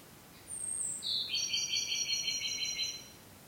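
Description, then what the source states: Ryukyu robin singing a piercing high introductory note, then a steady, rattling trill sustained for nearly two seconds, over a soft noisy background. Recorded 5 May 2013.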